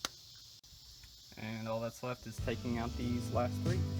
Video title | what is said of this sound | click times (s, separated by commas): Simple Spark Plug Change- 1995 Saturn SL1 | now take our spark plug boot push it back on until you hear a quick | 0.1 s